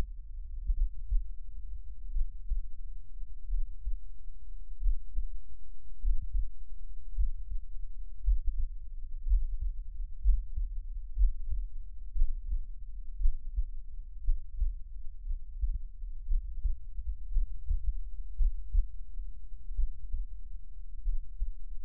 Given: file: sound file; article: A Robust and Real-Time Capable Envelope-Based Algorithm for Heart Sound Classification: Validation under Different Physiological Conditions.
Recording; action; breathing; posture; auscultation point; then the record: heart sounds by electronic stethoscope; rest; deep; sitting; Erb’s point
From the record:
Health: healthy, no known heart disease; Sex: male